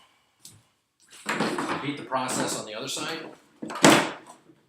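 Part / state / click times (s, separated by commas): outer leg nub into bench seat cavity / not seated / none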